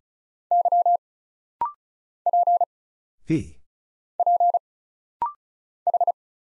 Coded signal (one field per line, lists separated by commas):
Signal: Morse code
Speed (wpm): 36 wpm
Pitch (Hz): 700 Hz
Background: none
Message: Y P P H